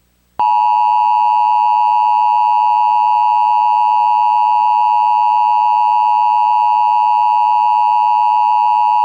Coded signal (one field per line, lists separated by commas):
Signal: Emergency Alert System (SAME) tones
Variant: 853 and 960 Hz attention tone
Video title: EAS Mini Mock #41 The Pyrotornado of 2006